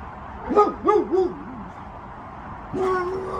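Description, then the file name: Boxer dog whining: three short harmonic whines that rise and fall quickly, a softer drooping moan after them, then a longer steady tone following a brief pause. "boxer Dog"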